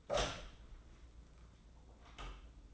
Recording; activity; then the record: daily activity, microphone in the room; open door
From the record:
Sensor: 3